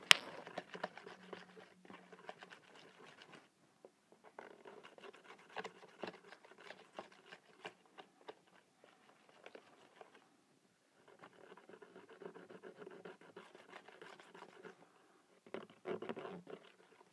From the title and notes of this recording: Making slime /fixing slime.